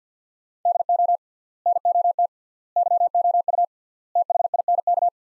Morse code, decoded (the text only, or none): DO NOT YOU THINK